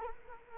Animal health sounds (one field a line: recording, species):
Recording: mosquito wingbeat signal from an infrared sensor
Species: Culex quinquefasciatus